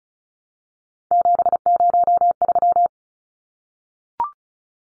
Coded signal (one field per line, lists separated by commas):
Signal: Morse code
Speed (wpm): 34 wpm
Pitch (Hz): 700 Hz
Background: none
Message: 703